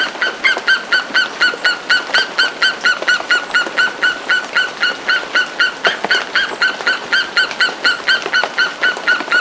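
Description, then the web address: Andean guan giving loud, evenly paced honking notes, about two per second, each rich in harmonics, in a long unbroken series. Recorded in Ecuador. "Birds of Ecuador Andean Guan"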